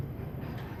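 A pipe clamp is pushed toward its lock on the rubber-sleeved refrigerant pipe of a Mitsubishi Electric R410 air conditioner, so that it will bear on the rubber rather than the pipe when the unit vibrates. Only a steady low rumble and hum is heard, with no distinct click. Nothing has seated or clicked yet.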